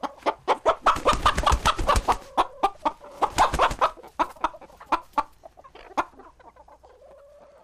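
Chicken clucking rapidly in a busy, uneven run of loud sharp notes that thins out, ending with a soft drawn-out call.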